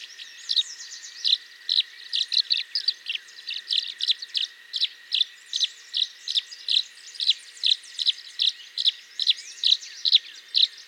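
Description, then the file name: Tree swallow calling: bright twittering chirps in a steady stream of roughly two to three per second, over a constant thin whine in the background. "Tachycineta bicolor - Tree Swallow"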